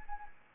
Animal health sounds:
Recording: mosquito wingbeat signal from an infrared sensor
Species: Anopheles arabiensis

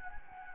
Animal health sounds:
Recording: mosquito wingbeat signal from an infrared sensor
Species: Anopheles gambiae

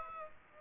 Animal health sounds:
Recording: mosquito wingbeat signal from an infrared sensor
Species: Aedes aegypti

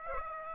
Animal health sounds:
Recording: mosquito wingbeat signal from an infrared sensor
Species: Aedes aegypti

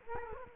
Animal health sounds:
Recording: mosquito wingbeat signal from an infrared sensor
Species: Culex quinquefasciatus

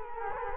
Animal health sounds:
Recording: mosquito wingbeat signal from an infrared sensor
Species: Culex quinquefasciatus

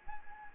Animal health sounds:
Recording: mosquito wingbeat signal from an infrared sensor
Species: Anopheles gambiae

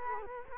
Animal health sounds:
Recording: mosquito wingbeat signal from an infrared sensor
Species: Culex quinquefasciatus

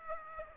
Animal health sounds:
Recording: mosquito wingbeat signal from an infrared sensor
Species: Aedes aegypti

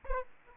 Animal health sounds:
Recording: mosquito wingbeat signal from an infrared sensor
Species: Aedes aegypti

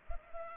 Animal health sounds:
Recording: mosquito wingbeat signal from an infrared sensor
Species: Culex pipiens

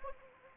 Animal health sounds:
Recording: mosquito wingbeat signal from an infrared sensor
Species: Anopheles arabiensis

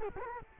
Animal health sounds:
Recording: mosquito wingbeat signal from an infrared sensor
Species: Culex quinquefasciatus

